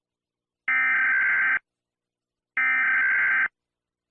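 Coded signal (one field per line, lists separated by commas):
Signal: Emergency Alert System (SAME) tones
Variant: header bursts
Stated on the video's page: Fictional EAS scenario, not a real alert, though it uses valid EAS tones.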